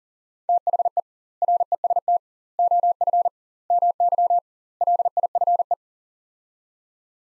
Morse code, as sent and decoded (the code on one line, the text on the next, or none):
- .... . / .-. . ... - / --- ..-. / -- -.-- / .-.. .. ..-. .
THE REST OF MY LIFE